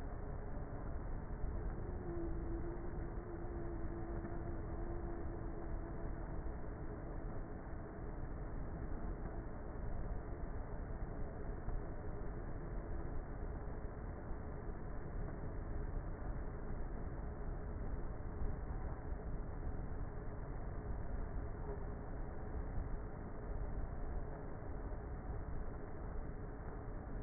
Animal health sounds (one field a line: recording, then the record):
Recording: honeybee colony, microphone inside the hive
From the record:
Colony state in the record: queenless with a low population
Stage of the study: before two queens were removed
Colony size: about 30,000 bees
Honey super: no